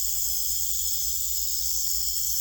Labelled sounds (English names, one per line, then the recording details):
none
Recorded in secondary vegetation near Puerto Asís, Putumayo, Colombia, on 21 December 2024 at 00:00
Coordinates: 0.488, -76.319
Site GP04